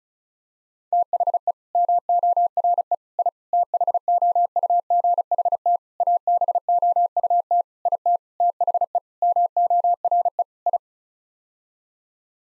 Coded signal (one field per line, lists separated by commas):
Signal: Morse code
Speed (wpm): 36 wpm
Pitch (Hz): 700 Hz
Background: none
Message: THE MORE I THOUGHT ABOUT IT THE MORE I